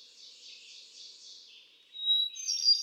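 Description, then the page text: Hermit thrush song: a soft reverberant fading tail, then a new phrase with a pure whistled note leading into high, ringing flutelike trills. Male singing, cycling through a repertoire of about ten different songs; recorded June 13, 2006, at Quabbin Park, Ware, Massachusetts. "Birdsong for the Curious Naturalist. Hermit thrush. Can you hear how he cycles through his repertoire of about ten different songs? June 13, 2006. Quabbin Park, Ware, Massachusetts"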